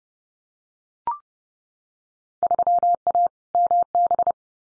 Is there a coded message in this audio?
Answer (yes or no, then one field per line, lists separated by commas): yes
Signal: Morse code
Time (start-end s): 2.4-4.3 s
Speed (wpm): 30 wpm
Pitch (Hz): 700 Hz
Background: none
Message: 3A MB